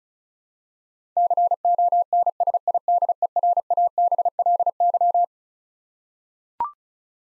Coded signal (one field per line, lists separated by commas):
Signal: Morse code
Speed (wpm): 36 wpm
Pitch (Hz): 700 Hz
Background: none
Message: CONSIDERABLY